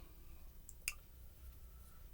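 A cable tie strap, threaded through its locking head around a PVC coupler, is pulled as tight as possible, and its ratchet tab clicks. A faint click at 0.7 s is followed by a sharper, louder click at 0.9 s over a low steady hum. The tie is seated tight on the coupler.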